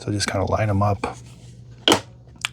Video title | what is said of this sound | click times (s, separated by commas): Dreame L40 Ultra - How to Clean & Maintain Your Robot Vacuum | Those just snap into place. | 1.9 s, 2.5 s